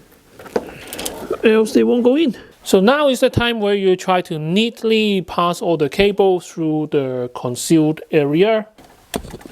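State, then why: Seated. During a PC build, a plastic power cable connector is pushed into its socket on the PSU or motherboard while someone talks about neatly routing cables through a concealed area. A few light knocks sound near the start, then a sharp click at 9.1 s confirms the connector has seated.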